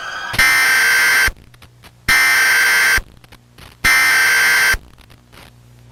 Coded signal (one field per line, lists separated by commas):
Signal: Emergency Alert System (SAME) tones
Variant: header bursts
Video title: Realtime Ground Zero Simulation | An EAS Scenario (creds to @eas_YP )